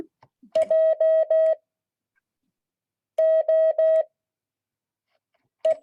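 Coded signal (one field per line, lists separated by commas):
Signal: Morse code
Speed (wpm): 16 wpm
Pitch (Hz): 630 Hz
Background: none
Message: JOE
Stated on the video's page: Morse code class.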